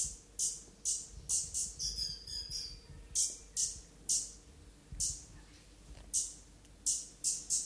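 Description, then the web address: Stitchbird calls: a long run of sharp, high, clipped notes, roughly two each second, with a brief warbled twitter in the middle. New Zealand native bird; song. "native-animals birds bird-song stitchbird-song"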